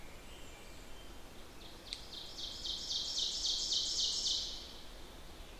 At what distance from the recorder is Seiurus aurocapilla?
about 45 m